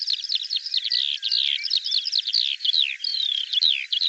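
Bird song, a fast continuous stream of high, varied whistles and sweeping slurred notes with trills mixed in, running without pause.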